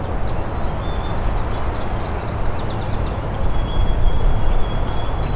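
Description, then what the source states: Ruby-crowned Kinglet song, a high-pitched rapid twittering run followed by thin whistled notes, over a loud low rumble. Singing again.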